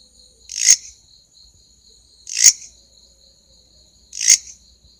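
Grasshopper call of three grating bursts, each swelling then stopping sharply, spaced under two seconds apart, with a constant thin whine behind.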